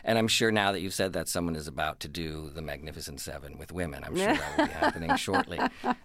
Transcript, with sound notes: And I'm sure now that you've said that, someone is about to do "The Magnificent Seven" with women.
(Laughter).
I'm sure that will be happening shortly.